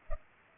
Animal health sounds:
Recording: mosquito wingbeat signal from an infrared sensor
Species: Culex pipiens

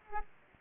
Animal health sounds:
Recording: mosquito wingbeat signal from an infrared sensor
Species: Aedes aegypti

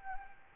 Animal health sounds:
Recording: mosquito wingbeat signal from an infrared sensor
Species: Anopheles arabiensis

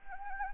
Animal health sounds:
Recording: mosquito wingbeat signal from an infrared sensor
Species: Anopheles gambiae

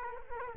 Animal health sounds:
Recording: mosquito wingbeat signal from an infrared sensor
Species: Culex quinquefasciatus

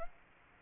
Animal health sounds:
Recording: mosquito wingbeat signal from an infrared sensor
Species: Aedes aegypti

